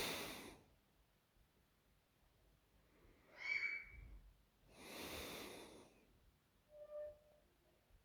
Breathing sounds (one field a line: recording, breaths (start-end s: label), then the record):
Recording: nose breathing near a microphone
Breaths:
0.00-0.67 s: exhalation
2.62-4.60 s: inhalation
4.60-6.32 s: exhalation
From the record:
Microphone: phone